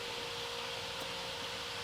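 Wiring plug being handled toward the replacement mass air flow sensor on a Toyota Corolla ZRE model (2007–2014), after the sensor's two Phillips screws have been tightened. Steady broadband noise with a constant tone fills the clip, with faint brief handling sounds around 1.0 s and 1.4 s. Nothing has seated or clicked yet; the plug is not yet home.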